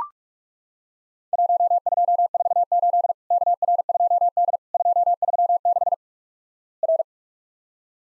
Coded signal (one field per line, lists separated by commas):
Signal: Morse code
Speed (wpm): 44 wpm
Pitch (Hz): 700 Hz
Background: none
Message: 1248 KR2D 236 R